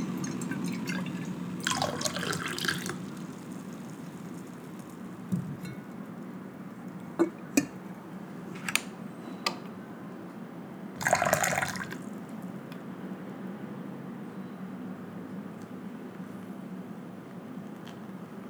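Pour-over coffee made quietly: a low, steady murmur runs under the whole clip while water pours in two brief splashes, one near two seconds and another around eleven. Sharp small clicks and drips land sparsely between them.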